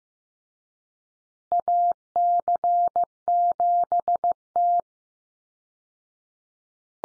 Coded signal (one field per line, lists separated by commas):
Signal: Morse code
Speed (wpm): 15 wpm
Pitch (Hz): 700 Hz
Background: none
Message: AC7T